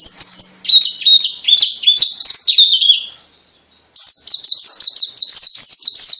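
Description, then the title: White-eye singing a fast, high warbling run that drifts downward, then after a brief gap a rapid series of repeated sharp notes. Song style described as ngalas ngeroll. "Kumpulan Pleci Ngalas Ngeroll"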